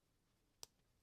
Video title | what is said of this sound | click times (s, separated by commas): Build your own McLaren MP4-23 Stage 57 & 58 | there we I can feel it click in just | 0.6 s